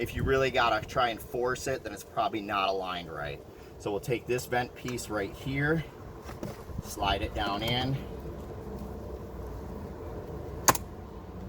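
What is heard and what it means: Someone talks while a plastic vent trim piece is slid down into the dashboard opening of a 2019+ Ford Ranger truck during a 4" to 8" factory SYNC 3 upgrade conversion. A faint background hum follows, then a sharp snap at 10.7 s and a smaller one at 10.8 s as the vent piece's clips seat into place.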